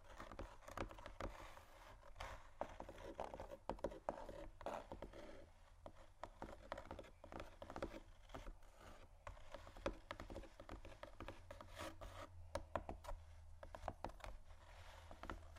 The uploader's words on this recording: ASMR Scratching & Tapping Cardboard Boxes（No Talking）.